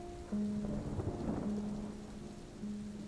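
Steady rain falls outdoors, outside a boarding house in an alley, in an even, continuous hiss that holds a constant level throughout, rainwater running off an awning onto the ground, with a faint low sustained tone humming underneath. No one speaks.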